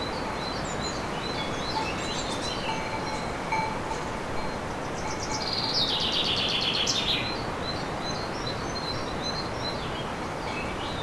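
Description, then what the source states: Common chaffinch song: a fast descending rattling trill ending in a short flourish, with scattered high chirps from other birds and steady roaring wind throughout. Recorded in wind on 7 May 2011 with an MZ-N710 recorder.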